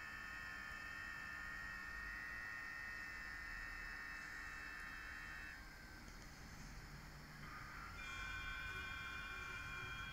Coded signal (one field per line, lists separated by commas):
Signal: FT8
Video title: [SWL] Eton G6 Aviator + FT8CN portable 28 MHz